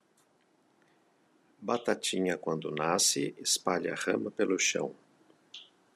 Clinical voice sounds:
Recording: short text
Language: Brazilian Portuguese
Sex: male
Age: 50 to 59 years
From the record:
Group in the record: control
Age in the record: 56 years

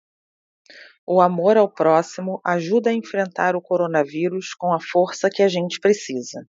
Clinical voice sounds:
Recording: spoken sentence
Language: Brazilian Portuguese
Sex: female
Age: 30 to 39 years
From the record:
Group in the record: control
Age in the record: 39 years

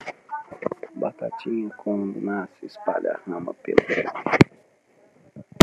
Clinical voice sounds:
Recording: short text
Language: Brazilian Portuguese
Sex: male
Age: 30 to 39 years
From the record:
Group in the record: control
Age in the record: 39 years

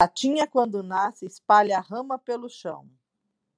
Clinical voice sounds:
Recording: short text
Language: Brazilian Portuguese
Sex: female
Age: 40 to 49 years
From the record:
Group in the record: control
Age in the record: 49 years

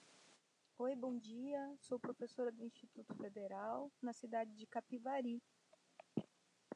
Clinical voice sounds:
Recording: short text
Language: Brazilian Portuguese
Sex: female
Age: 40 to 49 years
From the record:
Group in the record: control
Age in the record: 43 years

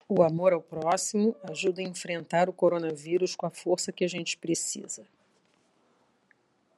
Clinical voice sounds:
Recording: spoken sentence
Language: Brazilian Portuguese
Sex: female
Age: 60 to 69 years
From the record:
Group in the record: control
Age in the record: 69 years

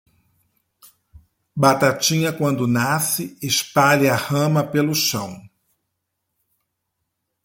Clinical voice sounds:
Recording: short text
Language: Brazilian Portuguese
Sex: male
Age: 50 to 59 years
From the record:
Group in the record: control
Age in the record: 53 years

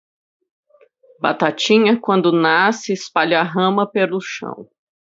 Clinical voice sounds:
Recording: short text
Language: Brazilian Portuguese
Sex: female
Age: 40 to 49 years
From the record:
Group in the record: control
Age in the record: 41 years

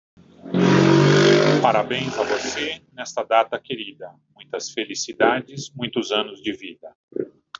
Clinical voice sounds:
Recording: short text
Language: Brazilian Portuguese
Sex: male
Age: 50 to 59 years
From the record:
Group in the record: control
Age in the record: 57 years

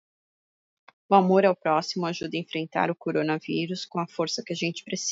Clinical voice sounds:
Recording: spoken sentence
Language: Brazilian Portuguese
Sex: female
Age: 40 to 49 years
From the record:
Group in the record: control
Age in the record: 45 years

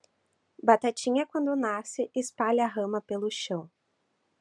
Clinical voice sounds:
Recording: short text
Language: Brazilian Portuguese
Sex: female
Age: 20 to 29 years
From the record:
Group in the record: control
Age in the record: 24 years

